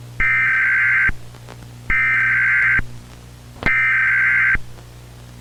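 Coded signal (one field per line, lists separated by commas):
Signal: Emergency Alert System (SAME) tones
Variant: header bursts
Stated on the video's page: Fictional analog horror spoof EAS scenario.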